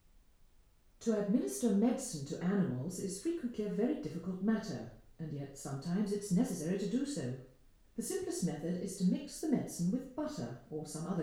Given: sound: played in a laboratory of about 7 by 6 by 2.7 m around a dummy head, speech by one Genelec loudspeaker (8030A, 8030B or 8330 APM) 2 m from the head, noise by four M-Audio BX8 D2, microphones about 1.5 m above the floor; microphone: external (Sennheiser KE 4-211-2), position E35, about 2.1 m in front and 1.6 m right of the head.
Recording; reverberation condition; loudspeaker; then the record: female speech in English; medium; 30 degrees to the right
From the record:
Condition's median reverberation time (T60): about 510 ms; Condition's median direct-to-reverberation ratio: about -0.5 dB